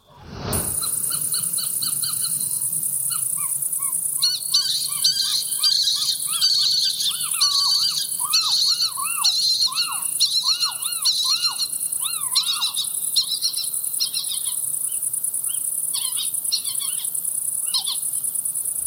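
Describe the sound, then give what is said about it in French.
A family of little owls (Athene noctua) living at a house calls noisily over a steady insect drone, with rapid repeated high chirps and a string of rising-falling mewing calls overlapping throughout. “Une famille de chevêches d'Athéna, ça peut, être très bruyant.”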